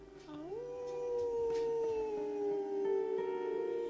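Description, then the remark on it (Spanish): A person howls like a wolf: one long, loud, sustained wail that swoops upward at the start, then slowly sinks in pitch, with no talking over it. “Aullando quedás como un pelota.”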